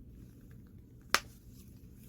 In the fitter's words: there I think you heard it snap